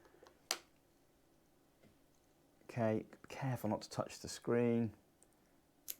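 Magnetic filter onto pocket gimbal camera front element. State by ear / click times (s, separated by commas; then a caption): seated / 5.9 s. A magnetic lens filter is fitted over the front element of a DJI Osmo Pocket 3 gimbal camera, taking care not to touch the screen or the gimbal, while someone talks. A brief sharp tick is heard near 0.5 s, and the filter seats with a sharp magnetic click at 5.9 s, fixed on the front.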